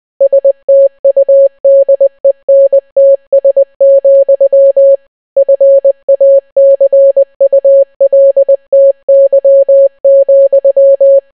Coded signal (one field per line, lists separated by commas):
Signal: Morse code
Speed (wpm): 20 wpm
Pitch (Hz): 550 Hz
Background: none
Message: STUDENTS, FACULTY,